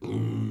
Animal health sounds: pig call; weaner (32 to 43 days)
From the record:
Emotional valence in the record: negative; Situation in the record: long isolation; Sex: female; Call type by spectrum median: low-frequency call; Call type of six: low-frequency stable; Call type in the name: low-frequency stable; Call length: 0.51 s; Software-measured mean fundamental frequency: 55 Hz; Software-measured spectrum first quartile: 115 Hz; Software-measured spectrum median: 190 Hz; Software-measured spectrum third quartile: 333 Hz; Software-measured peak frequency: 282 Hz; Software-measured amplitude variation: 98 dB a second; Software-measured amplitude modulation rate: 26.5 a second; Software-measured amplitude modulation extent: 3.7 dB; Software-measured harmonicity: -4.3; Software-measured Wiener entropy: -0.40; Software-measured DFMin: 890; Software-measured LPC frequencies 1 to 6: 277, 999, 2120, 2951, 3875, 5753 Hz

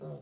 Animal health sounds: pig call; piglet (1 to 25 days)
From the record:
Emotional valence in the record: negative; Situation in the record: short isolation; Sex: male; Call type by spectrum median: low-frequency call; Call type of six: low-frequency stable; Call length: 0.21 s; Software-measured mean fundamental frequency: 71 Hz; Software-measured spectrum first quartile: 156 Hz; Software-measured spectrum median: 315 Hz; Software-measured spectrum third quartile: 517 Hz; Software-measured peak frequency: 513 Hz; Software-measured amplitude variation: 65 dB a second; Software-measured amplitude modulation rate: 16.4 a second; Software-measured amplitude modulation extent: 4.0 dB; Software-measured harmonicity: 3.0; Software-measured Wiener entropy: 0.14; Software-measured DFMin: 1091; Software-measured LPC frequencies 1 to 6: 523, 1189, 2666, 3584, 4641, 5726 Hz

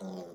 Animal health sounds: pig call; piglet (1 to 25 days)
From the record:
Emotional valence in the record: negative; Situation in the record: long isolation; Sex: male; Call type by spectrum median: low-frequency call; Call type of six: low-frequency modulated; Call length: 0.35 s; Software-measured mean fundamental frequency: 48 Hz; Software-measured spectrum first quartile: 211 Hz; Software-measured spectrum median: 391 Hz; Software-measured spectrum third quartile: 728 Hz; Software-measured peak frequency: 192 Hz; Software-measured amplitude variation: 73 dB a second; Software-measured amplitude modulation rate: 26.0 a second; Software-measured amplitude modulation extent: 2.8 dB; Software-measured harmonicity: 4.5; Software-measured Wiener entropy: -0.13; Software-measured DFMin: 1495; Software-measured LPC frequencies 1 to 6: 496, 3472, 4963, 6080, 7243, 8394 Hz

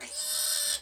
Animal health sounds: pig call; piglet (1 to 25 days)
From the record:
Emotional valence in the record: negative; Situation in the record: castration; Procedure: castration, fixation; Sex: male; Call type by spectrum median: high-frequency call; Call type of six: high-frequency modulated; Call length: 0.81 s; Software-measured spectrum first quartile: 4400 Hz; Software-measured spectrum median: 7133 Hz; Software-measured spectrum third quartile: 9064 Hz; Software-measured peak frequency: 8509 Hz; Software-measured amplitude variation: 93 dB a second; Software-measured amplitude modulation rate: 22.8 a second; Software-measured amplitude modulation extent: 4.1 dB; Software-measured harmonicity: 1.3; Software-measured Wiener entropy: -1.65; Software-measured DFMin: 542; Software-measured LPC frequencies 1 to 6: 827, 1701, 3562, 4242, 5104, 5676 Hz

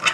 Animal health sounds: pig call; piglet (1 to 25 days)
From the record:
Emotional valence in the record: positive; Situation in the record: before nursing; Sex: female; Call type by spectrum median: high-frequency call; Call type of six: mixed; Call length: 0.14 s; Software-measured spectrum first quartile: 1553 Hz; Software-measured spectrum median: 2460 Hz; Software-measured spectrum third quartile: 3244 Hz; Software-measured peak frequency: 2657 Hz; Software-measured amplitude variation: 190 dB a second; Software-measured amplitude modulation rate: 14.8 a second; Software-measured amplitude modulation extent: 12.8 dB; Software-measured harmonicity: 2.0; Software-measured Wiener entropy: -1.21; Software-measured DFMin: 668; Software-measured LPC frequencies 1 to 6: 1304, 2036, 2651, 3670, 4756, 5374 Hz

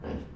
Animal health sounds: pig call; growing-finishing pig (85 days or more)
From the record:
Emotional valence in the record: negative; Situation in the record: barren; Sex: female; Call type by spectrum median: low-frequency call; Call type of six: low-frequency stable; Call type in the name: low-frequency stable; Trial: 1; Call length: 0.35 s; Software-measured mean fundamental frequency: 62 Hz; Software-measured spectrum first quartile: 144 Hz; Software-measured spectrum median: 285 Hz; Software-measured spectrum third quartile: 565 Hz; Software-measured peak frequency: 221 Hz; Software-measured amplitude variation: 145 dB a second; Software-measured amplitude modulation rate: 21.2 a second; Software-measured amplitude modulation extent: 6.8 dB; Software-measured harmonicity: -3.1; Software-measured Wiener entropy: -0.21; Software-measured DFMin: 866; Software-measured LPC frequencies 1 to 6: 399, 1657, 2823, 4843, 5660, 7708 Hz

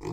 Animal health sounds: pig call; weaner (32 to 43 days)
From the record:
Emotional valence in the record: negative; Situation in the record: short isolation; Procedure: open field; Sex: female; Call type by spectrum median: low-frequency call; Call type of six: low-frequency stable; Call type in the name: low-frequency stable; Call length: 0.13 s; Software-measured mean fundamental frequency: 52 Hz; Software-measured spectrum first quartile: 226 Hz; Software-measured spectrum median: 385 Hz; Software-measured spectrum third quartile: 921 Hz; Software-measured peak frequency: 349 Hz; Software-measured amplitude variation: 114 dB a second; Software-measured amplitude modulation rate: 18.8 a second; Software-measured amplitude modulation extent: 6.1 dB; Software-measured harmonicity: 3.0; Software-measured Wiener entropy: -0.84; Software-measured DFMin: 915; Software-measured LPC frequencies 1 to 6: 361, 956, 2009, 2416, 3346, 4326 Hz

